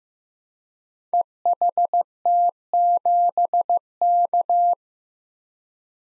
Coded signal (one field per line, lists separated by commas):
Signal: Morse code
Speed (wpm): 15 wpm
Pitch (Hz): 700 Hz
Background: none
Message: EHT7K